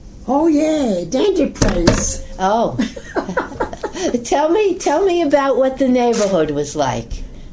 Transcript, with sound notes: Oh yeah, Dandy place (slaps hand on table)
Oh. (They laugh) Tell me, tell me about what the neighborhood was like.